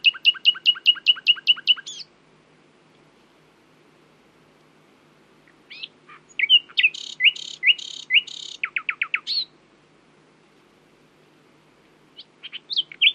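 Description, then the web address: Common nightingale song: a fast repeated phrase, a long pause, then a varied rich stretch of buzzy and ringing notes, another pause and a few brief chirps. "owen Common Nightingale (Luscinia megarhynchos)"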